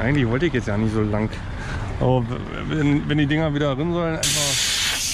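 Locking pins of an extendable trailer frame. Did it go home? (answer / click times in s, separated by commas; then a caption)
no / none. On an extendable semi-trailer, the locking lever is pulled down so the steel locking cylinders should drop back into their holes, but they rest against the frame instead and fail to engage. Someone talks through most of the clip, and a loud, steady hiss starts at about 4.2 s. No click or clunk is heard, and the locking pins have not seated.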